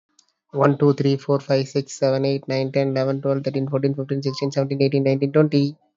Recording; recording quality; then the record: counting at a fast pace; excellent, no background noise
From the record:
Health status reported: healthy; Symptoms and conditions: muscle pain, diabetes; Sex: male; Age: 36 years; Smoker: not ticked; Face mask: not worn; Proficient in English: yes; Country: India